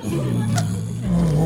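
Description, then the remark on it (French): A lion roars in a long, low, rumbling growl that holds steady and then swells louder and rougher toward the end, with no speech alongside it. “Oh, un lion !”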